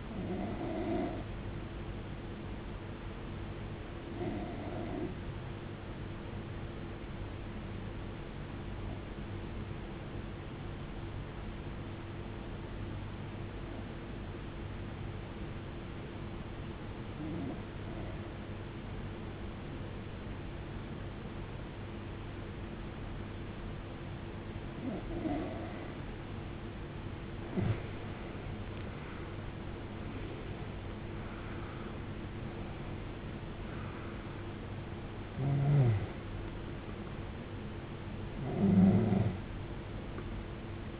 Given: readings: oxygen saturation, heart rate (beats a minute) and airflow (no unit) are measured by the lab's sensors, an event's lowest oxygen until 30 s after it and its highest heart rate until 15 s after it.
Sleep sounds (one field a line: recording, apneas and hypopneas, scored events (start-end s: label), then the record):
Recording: breathing in sleep by a voice recorder at the bedside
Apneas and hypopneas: 1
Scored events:
5.00-29.40 s: hypopnea (N2, oxygen 94% highest, then 89% lowest, heart rate 58 at the start, 75 highest)
30.00-41.00 s: new sleep stage, N1 (lightest sleep)
From the record:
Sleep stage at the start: N2 (light sleep)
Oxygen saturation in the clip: 86 to 94%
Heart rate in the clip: 58 to 75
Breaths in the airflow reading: 6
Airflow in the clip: -17.3 to 19.4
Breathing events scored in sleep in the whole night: 389 in 6.3 hours asleep